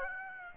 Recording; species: mosquito wingbeat signal from an infrared sensor; Aedes aegypti